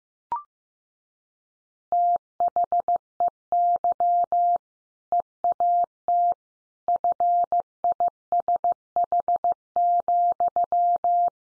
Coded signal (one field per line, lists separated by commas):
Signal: Morse code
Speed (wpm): 15 wpm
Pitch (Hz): 700 Hz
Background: none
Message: THEY EAT FISH,